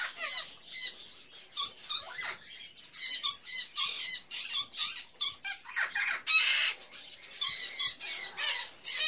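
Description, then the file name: Many birds calling together, shrill repeated chirps and harsh squawks in dense overlapping bursts, with a long rasping screech after the middle. Various birds in a pet shop, ambience. "Sound Ideas 2000 Series. Birds, Various Birds In A Pet Shop"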